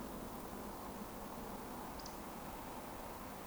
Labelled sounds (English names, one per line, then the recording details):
Eurasian Woodcock
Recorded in Baden-Württemberg, Germany, on 16 June 2020 at 20:31 UTC
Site 14569, 102 m above sea level